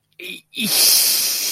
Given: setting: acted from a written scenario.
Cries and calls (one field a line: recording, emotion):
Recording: vocal sound without words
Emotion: shame